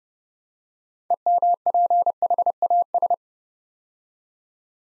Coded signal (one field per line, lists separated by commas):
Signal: Morse code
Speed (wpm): 30 wpm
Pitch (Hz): 700 Hz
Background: none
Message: EMPHAS